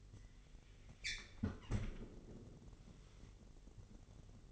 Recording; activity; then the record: daily activity, microphone in the room; close fridge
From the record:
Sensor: 4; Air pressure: 1002.7 hPa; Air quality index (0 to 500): 240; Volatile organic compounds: 17 ppm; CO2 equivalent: 2574 ppm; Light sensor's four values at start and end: 4/10/4/4 and 4/11/4/4